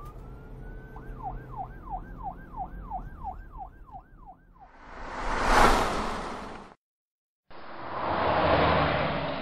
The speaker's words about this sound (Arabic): ومن بعيد تعالت ولولة سيارات الشرطة تنوح على شباب القتيل.